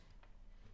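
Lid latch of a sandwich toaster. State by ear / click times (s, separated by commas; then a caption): seated / 0.2 s. A sandwich toaster's plastic lid is pushed down again until its latch finally catches, giving a small click at 0.2 s. The lid is now locked shut over a quiet, steady background.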